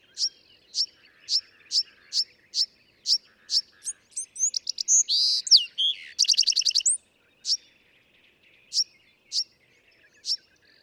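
Bewick's wren song opening with evenly spaced high chips, then a burry warble and a fast rattling trill, ending with a few scattered notes.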